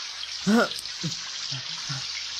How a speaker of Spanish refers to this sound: Oh, vamos, lluvia, detente ya. ¿Pero qué es esta lluvia? Lo que está cayendo no es solamente agua, es oscuro.